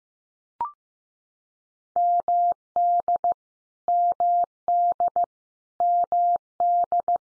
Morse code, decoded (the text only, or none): MD MD MD